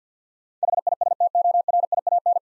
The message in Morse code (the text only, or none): HISTORIAN